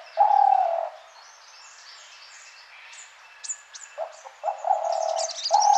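Spotted dove giving a coo, then a pause with high chirping of other birds, before a stuttered coo sequence returns.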